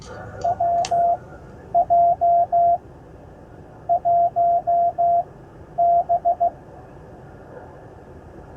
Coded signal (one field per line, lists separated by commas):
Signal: Morse code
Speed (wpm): 14 wpm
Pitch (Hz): 700 Hz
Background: none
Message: WJ1B